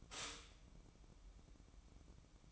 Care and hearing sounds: daily activity, microphone in the room; stop toaster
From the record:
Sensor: 1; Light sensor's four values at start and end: 7/17/7/7 and 7/17/7/7

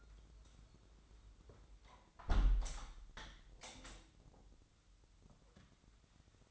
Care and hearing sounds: daily activity, microphone in the room; close window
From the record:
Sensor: 3

